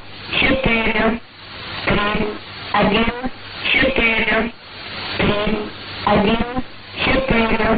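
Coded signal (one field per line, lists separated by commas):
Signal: numbers station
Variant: S06s Russian Lady, Russian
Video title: 01 02 2018 S06s Russian Lady numbers station in Russian to Eu 0940 on 9540 unknown tx site in CUSB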